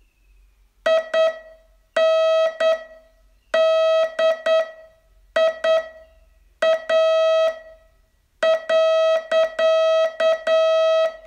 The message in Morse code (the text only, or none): INDIA.